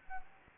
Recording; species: mosquito wingbeat signal from an infrared sensor; Anopheles gambiae